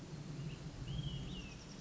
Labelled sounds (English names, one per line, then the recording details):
Olive-sided Flycatcher
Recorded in Sonoma County, California